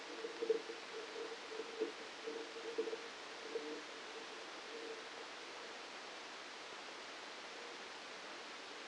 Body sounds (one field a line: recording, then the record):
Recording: brain microelectrode recording played as sound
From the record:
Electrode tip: outside the subthalamic nucleus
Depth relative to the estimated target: -4 mm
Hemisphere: left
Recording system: NeuroSet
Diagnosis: Parkinson's disease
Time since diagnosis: 9 years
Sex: male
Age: 56 years